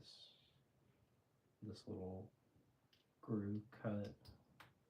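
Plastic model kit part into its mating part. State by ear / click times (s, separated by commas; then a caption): seated / 4.6 s. A plastic HGUC Psycho Gundam MkII model kit piece, with a small groove cut in its bottom, is pressed into its mating part while someone talks. A sharp click sounds at 4.6 s as the piece snaps in and is seated.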